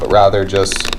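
The impeller cover of a Fluval 07 series canister aquarium filter is being handled over the filter motor head, to be pressed back on by its edge rather than the centre piece. Someone talks, and faint handling noises are heard. Nothing has seated or clicked yet.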